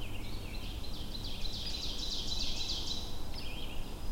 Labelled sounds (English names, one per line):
Ovenbird song